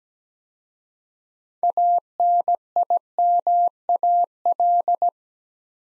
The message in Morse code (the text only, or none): ANIMAL